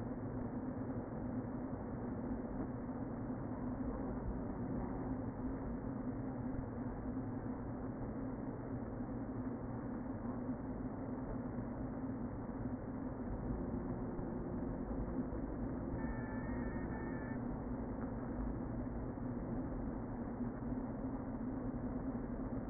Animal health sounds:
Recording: honeybee colony, microphone inside the hive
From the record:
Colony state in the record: queen present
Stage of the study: before two queens were removed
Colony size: about 60,000 bees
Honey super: yes

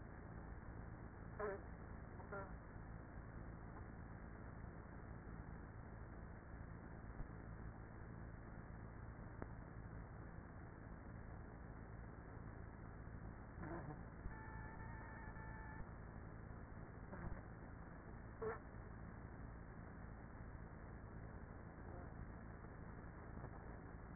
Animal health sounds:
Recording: honeybee colony, microphone inside the hive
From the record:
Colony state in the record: queenless with a low population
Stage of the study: after two queens were removed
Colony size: about 30,000 bees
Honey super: no

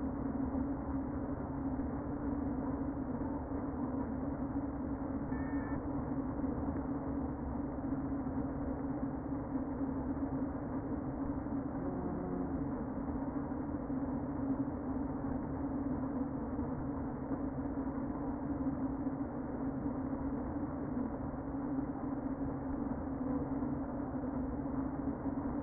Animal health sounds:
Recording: honeybee colony, microphone inside the hive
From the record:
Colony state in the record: queen present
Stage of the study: before two queens were removed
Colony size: about 60,000 bees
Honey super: yes

